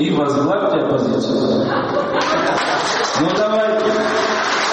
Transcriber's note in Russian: Смех и аплодисменты в зале